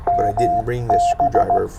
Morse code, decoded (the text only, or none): MB